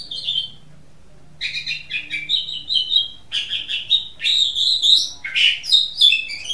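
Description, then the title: Oriental magpie-robin song: one short phrase, a second of quiet, then an unbroken stream of loud, varied whistled and chattering phrases. "Kicau Kacer"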